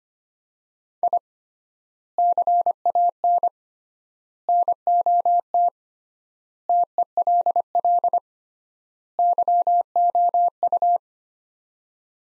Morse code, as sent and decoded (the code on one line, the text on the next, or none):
.. / -.-. .- -. / -. --- - / - . .-.. .-.. / -.-- --- ..-
I CAN NOT TELL YOU